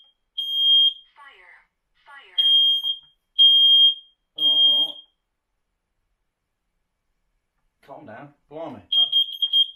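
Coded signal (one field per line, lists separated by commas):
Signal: alarm pattern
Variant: Kidde smoke/CO alarm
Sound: four loud high-pitched alarm beeps with a man talking, then another beep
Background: man talking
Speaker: once you've had the four the four beeps and a chirp that's the end of its cycle and it's all ready to go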